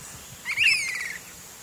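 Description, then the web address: Swainson's flycatcher giving a single clear whistled call that rises then slides downward, over a faint steady background hiss. Eastern lowlands of South America. "Natures Songs S America Eastern Lowlands. Swainson's Flycatcher"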